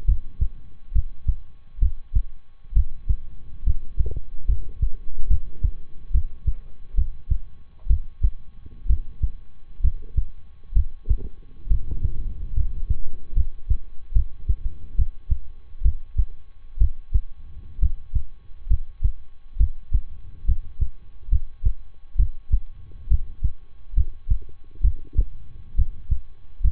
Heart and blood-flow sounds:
heart sounds by stethoscope; between the tricuspid and mitral areas; 68 bpm
0.05 s: heartbeat
0.91 s: heartbeat
1.78 s: heartbeat
2.72 s: heartbeat
3.63 s: heartbeat
4.45 s: heartbeat
5.27 s: heartbeat
6.11 s: heartbeat
6.94 s: heartbeat
7.86 s: heartbeat
8.86 s: heartbeat
9.80 s: heartbeat
10.72 s: heartbeat
11.67 s: heartbeat
12.53 s: heartbeat
13.33 s: heartbeat
14.12 s: heartbeat
14.95 s: heartbeat
15.81 s: heartbeat
16.77 s: heartbeat
17.78 s: heartbeat
18.67 s: heartbeat
19.56 s: heartbeat
20.44 s: heartbeat
21.28 s: heartbeat
22.15 s: heartbeat
23.07 s: heartbeat
23.93 s: heartbeat
24.80 s: heartbeat
25.74 s: heartbeat
26.60 s: heartbeat
From the record:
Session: rest, lying down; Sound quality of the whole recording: good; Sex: male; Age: 23 years

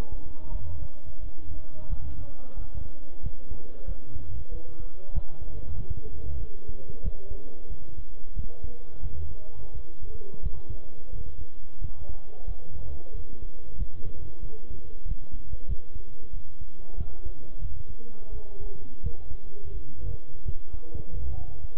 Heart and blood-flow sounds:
heart sounds by stethoscope; between the tricuspid and mitral areas; 90 bpm
0.52 s: heartbeat
1.23 s: heartbeat
1.89 s: heartbeat
2.57 s: heartbeat
3.23 s: heartbeat
3.88 s: heartbeat
4.52 s: heartbeat
5.14 s: heartbeat
5.77 s: heartbeat
6.41 s: heartbeat
7.04 s: heartbeat
7.70 s: heartbeat
8.36 s: heartbeat
9.03 s: heartbeat
9.75 s: heartbeat
10.43 s: heartbeat
11.13 s: heartbeat
11.81 s: heartbeat
12.47 s: heartbeat
13.14 s: heartbeat
13.78 s: heartbeat
14.42 s: heartbeat
15.06 s: heartbeat
15.68 s: heartbeat
16.33 s: heartbeat
16.98 s: heartbeat
17.62 s: heartbeat
18.32 s: heartbeat
19.03 s: heartbeat
19.75 s: heartbeat
20.46 s: heartbeat
21.13 s: heartbeat
From the record:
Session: bicycle stress test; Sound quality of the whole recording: good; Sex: male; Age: 23 years

